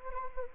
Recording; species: mosquito wingbeat signal from an infrared sensor; Anopheles gambiae